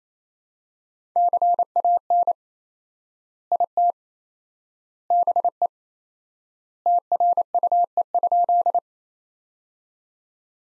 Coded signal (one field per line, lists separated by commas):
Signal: Morse code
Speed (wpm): 27 wpm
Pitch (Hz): 700 Hz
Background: none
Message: CAN IT BE TRUE?